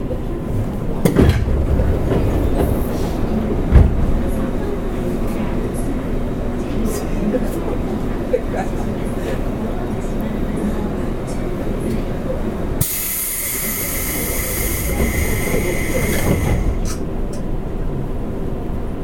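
A JR West 201 series local train running on the Yamatoji line, with a steady low rumble and rattling under a constant roar. Sharp knocks come around one and four seconds, and from about thirteen to seventeen seconds a bright hissing whine rises over the noise.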